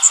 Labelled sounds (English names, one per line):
Magnolia Warbler flight call